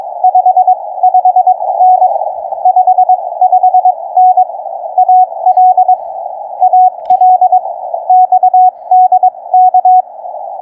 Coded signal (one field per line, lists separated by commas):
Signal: Morse code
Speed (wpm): 21 wpm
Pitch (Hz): 750 Hz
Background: radio noise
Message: 55N 55N AL AL XDK